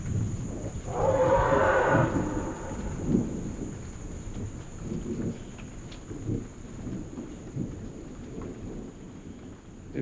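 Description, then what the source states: Elephant trumpeting, one loud brassy blast over rumbling thunder and rain, with scattered lower sounds afterwards. Wild elephants screaming and trumpeting in the centre of a giant rainforest clearing in Gabon as a thunderstorm approached; microphone rig left at the clearing's edge for about 36 hours.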